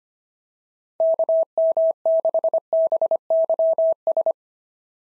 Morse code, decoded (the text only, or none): KM6BYS